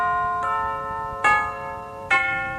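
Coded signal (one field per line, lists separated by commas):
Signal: radio time signal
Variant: tubular bells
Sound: three ringing tubular bell strikes, about 0.85 seconds apart, each slowly fading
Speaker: is not widely known that the first ever radio time signal was performed on the tubular bells by a mr. Stanton Jefferies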